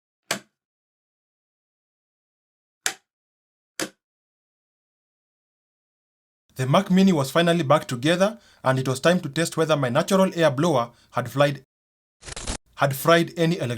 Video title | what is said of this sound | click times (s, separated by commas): The Dust Inside My M4 Mac Mini: One Year Later | and you will hear the satisfying click sound of the pins popping back in place. | 0.3 s, 2.9 s, 3.8 s